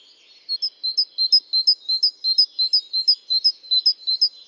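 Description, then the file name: Great tit repeating a high, ringing two-note phrase quickly and evenly, around three times a second, with no other sounds. "Parus major"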